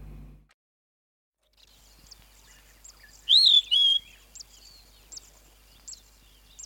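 Flappet lark giving one two-note whistled phrase, high then lower, after a short silence, with faint high ticks around it.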